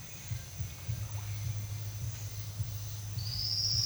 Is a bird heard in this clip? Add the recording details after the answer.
no. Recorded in secondary vegetation near Puerto Asís, Putumayo, Colombia, on 8 March 2025 at 09:30. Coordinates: 0.498, -76.327. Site G001